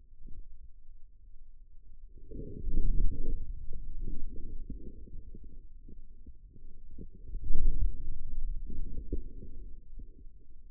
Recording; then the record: forearm muscle sounds (acoustic myography)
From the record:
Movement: inward rotation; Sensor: system 2, bracelet of six BSWA MPA416 microphones around the upper forearm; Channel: 6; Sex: male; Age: 22 years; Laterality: right